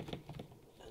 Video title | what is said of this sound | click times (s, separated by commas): Disney The Good Dinosaur Arlo Animated Talking Figure with Spot Pixar Unboxing, Review By WD Toys | it and there's snap into place | 0.1 s